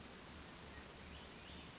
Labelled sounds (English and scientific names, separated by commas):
Western Flycatcher (Empidonax difficilis)